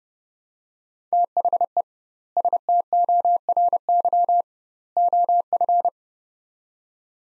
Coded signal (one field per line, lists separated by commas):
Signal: Morse code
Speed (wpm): 30 wpm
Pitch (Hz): 700 Hz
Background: none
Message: THE STORY OF